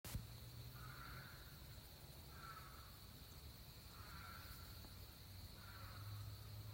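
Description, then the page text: Eastern spadefoot calls: short, nasal bursts repeated about every one and a half seconds over a steady high insect-like hum and low background rumble. Recorded in Maryland. "Maryland Biodiversity. Eastern Spadefoot ( Scaphiopus holbrookii )"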